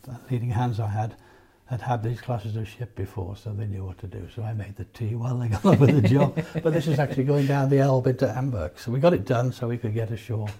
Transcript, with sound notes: Leading Hands I had, had had these classes of ship before so they knew what to do, so I made the tea while they got on with the job, (laughs) but this was actually going down the Elba to Hamburg. But we got it done so we could get ashore